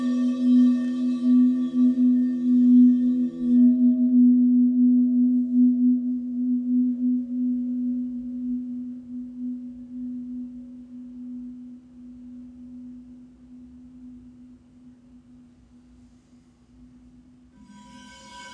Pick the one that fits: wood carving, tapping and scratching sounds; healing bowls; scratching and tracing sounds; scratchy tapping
healing bowls